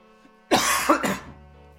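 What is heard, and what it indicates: Two quick, harsh coughing bursts from an adult man, the second shorter, with a throaty clearing quality and no speech between them. The coughs are loud and noisy against a quiet room with a faint steady hum. Smoke in the air set off the coughing.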